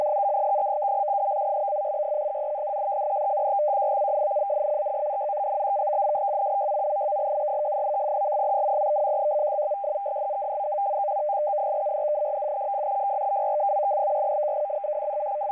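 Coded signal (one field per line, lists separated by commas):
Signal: numbers station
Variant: F03i FSK data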